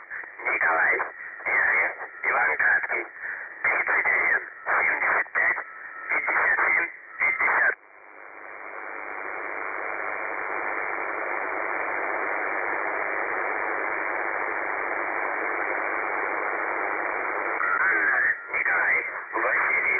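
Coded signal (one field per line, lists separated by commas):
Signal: coded military voice message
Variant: UVB-76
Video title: The Buzzer/UVB-76 Voice Message (December 3, 2020 10:10 UTC)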